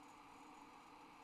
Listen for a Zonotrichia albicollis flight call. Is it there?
no